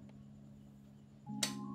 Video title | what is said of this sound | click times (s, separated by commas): SOLUSI Jika Kunci Darurat Yamaha Fazzio 125 Hilang LEXI FILANO AEROX NMAX XMAX 🛵 #yamaha #emergency | dengaran ya klek gitu intinya dia narik si ini | 1.4 s